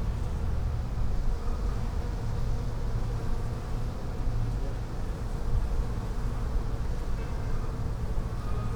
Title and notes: Hôpital Brugmann, Place Arthur Van Gehuchten, Bruxelles, Belgique - bees in the palliative care services garden. Abeilles dans la lavande, jardin du service de soins palliatifs. un endroit paisible à l'écart des autres pavillons de l'hôpital